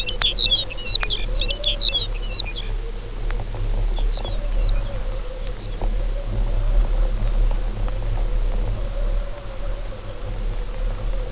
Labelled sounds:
Lapland Longspur
unidentified sound
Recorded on Arctic tundra, site UTQI-5, on 19 June 2018
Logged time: 22:00

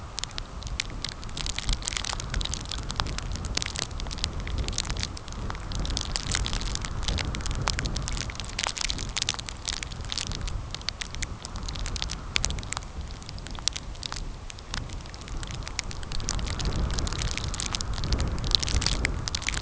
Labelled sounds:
none
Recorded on Arctic tundra, site CORI-1, on 15 June 2018
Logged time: 10:00

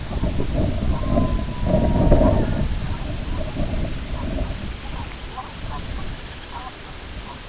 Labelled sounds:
unidentified sound
Red-throated Loon
Semipalmated Sandpiper
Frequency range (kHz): Red-throated Loon 0.7-2.0 kHz; Semipalmated Sandpiper 1.9-4.1 kHz
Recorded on Arctic tundra, site IGLO-B, on 21 June 2018
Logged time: 07:59

